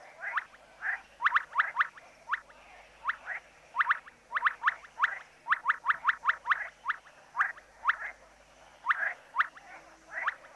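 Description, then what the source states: Amphibian calls: short, sharp chirps in quick runs, with brief pauses between the runs. Field recording.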